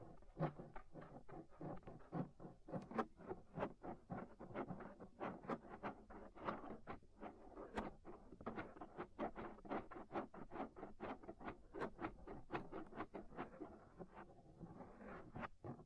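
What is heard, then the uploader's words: Inner and outer ear scraping, heard as a dense run of short, sharp scratchy strokes repeating several times a second for the whole stretch. Each stroke is crisp and bright, with soft rustling between them and a faint low rumble underneath. Inner and Outer Ear Scraping (No Talking).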